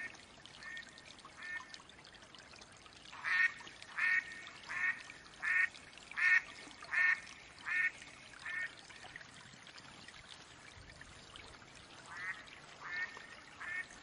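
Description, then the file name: Mallard quacks: two soft quacks, a short pause, a run of about eight louder nasal quacks under a second apart, a pause of a few seconds, then three more quacks. Female mallard hen quacking. "Mallard duck quacking call sounds Female Hen"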